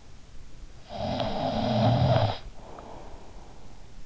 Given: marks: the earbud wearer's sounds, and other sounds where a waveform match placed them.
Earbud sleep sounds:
sounds in sleep by an in-ear microphone; snoring breath
0.61-3.78 s: snoring breath

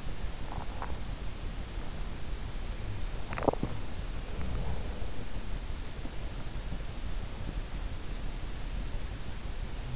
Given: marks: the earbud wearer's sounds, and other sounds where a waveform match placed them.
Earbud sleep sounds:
sounds in sleep by an in-ear microphone; teeth grinding
0.00-1.11 s: teeth grinding
2.74-3.94 s: teeth grinding
4.29-5.36 s: sound from someone else or the room

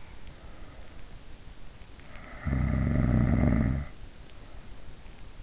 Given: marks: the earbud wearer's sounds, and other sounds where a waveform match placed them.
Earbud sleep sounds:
sounds in sleep by an in-ear microphone; snoring breath
2.49-3.80 s: snoring breath

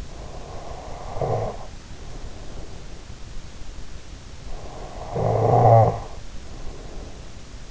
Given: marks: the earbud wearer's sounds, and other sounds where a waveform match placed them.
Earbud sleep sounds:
sounds in sleep by an in-ear microphone; snoring breath
0.00-3.52 s: snoring breath
4.36-7.66 s: snoring breath

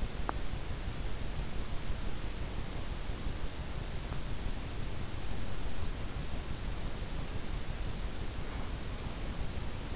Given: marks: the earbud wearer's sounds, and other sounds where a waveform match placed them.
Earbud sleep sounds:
sounds in sleep by an in-ear microphone; teeth grinding
0.00-0.63 s: teeth grinding

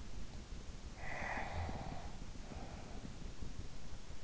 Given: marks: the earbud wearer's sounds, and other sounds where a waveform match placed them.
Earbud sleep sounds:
sounds in sleep by an in-ear microphone; breath
0.54-3.72 s: breath

